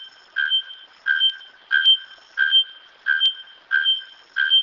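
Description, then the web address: Bare-throated bellbird song, loud ringing metallic notes, each a clanging 'tonk' with a bright overtone, repeated quickly about one and a half times per second. "araponga canto"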